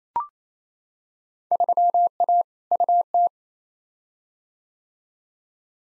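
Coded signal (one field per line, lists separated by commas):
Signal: Morse code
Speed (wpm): 28 wpm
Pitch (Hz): 700 Hz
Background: none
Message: 3A UT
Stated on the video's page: Head-copy drill of Field Day contest exchanges at 28 wpm, sent in Morse, spoken, then sent again; exchanges weighted roughly by 2019 participation.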